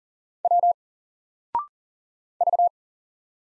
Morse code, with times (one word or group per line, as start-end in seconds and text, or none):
0.4-0.7 W
2.4-2.7 V